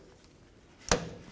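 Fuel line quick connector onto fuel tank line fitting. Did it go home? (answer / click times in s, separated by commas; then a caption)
yes / 0.9 s. A fuel line quick connector in front of the fuel tank on a 2007-present Toyota Tundra is pushed back onto its fuel tank line fitting during a fuel pump replacement. After a quiet stretch, a single sharp click with a brief ringing tail is heard at 0.9 s. The connector is confirmed seated.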